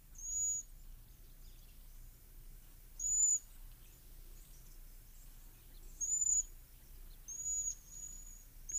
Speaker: Let's listen to the very high-pitched, I stress very high-pitched, thin notes of a Cedar Waxwing.